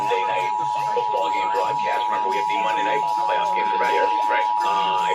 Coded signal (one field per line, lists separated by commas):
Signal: Emergency Alert System (SAME) tones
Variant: 853 and 960 Hz attention tone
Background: speech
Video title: EAS #1513-1514 IL RMT on WKSC, WKSC HD2 1-4-22